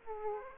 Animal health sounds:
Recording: mosquito wingbeat signal from an infrared sensor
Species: Aedes aegypti

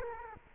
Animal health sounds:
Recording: mosquito wingbeat signal from an infrared sensor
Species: Culex quinquefasciatus

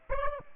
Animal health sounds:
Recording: mosquito wingbeat signal from an infrared sensor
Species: Aedes aegypti

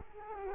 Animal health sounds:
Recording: mosquito wingbeat signal from an infrared sensor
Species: Culex quinquefasciatus

